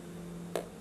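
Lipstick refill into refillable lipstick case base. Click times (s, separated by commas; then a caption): 0.6 s. A lipstick refill bullet is pressed into the base of a refillable lipstick case. Over a low steady hum, a single sharp click sounds at 0.6 s as the refill seats home.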